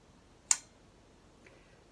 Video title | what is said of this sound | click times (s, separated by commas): Trumpet - Oiling valves, Using the Water Key | so maybe you heard that click | 0.5 s